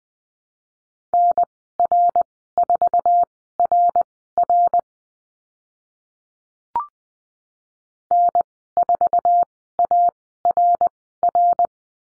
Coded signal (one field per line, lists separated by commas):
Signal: Morse code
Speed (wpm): 20 wpm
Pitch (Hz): 700 Hz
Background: none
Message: NR4RR N4ARR